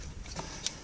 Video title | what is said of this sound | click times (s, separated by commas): How to Install New Disc Brakes and Rotors on a Car | See, like right now it's not all the way in on the back side there because I've got a gap | 0.7 s